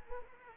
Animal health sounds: mosquito wingbeat signal from an infrared sensor; Anopheles arabiensis

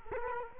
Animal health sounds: mosquito wingbeat signal from an infrared sensor; Culex quinquefasciatus

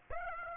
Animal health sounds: mosquito wingbeat signal from an infrared sensor; Aedes aegypti

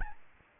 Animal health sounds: mosquito wingbeat signal from an infrared sensor; Aedes albopictus

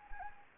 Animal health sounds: mosquito wingbeat signal from an infrared sensor; Anopheles arabiensis

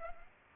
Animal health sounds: mosquito wingbeat signal from an infrared sensor; Aedes aegypti

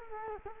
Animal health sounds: mosquito wingbeat signal from an infrared sensor; Culex quinquefasciatus

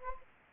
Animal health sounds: mosquito wingbeat signal from an infrared sensor; Anopheles gambiae

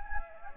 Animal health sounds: mosquito wingbeat signal from an infrared sensor; Anopheles gambiae

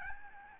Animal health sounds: mosquito wingbeat signal from an infrared sensor; Aedes albopictus

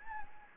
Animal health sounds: mosquito wingbeat signal from an infrared sensor; Anopheles gambiae

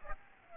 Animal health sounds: mosquito wingbeat signal from an infrared sensor; Aedes aegypti

